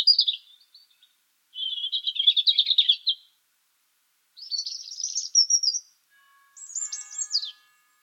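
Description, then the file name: European robin with a rapid, scratchy trill, then a brighter warbling phrase and a high falling flourish, pauses of about a second between them. "Erithacus rubecula"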